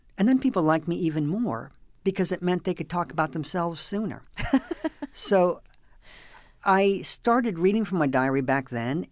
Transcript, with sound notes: And then people liked me even more because it meant they could talk about themselves sooner.
(Laughter).
So I started reading from my diary back then.